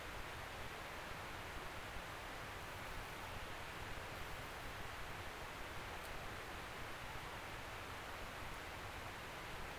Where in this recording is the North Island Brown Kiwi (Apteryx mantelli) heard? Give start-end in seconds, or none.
none